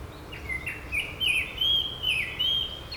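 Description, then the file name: Japanese thrush delivering a rich run of whistled, warbling notes that rise and fall in a continuous phrase, with light background noise. "kurotugumi"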